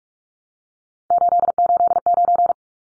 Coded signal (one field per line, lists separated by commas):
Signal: Morse code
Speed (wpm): 44 wpm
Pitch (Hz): 700 Hz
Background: none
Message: 889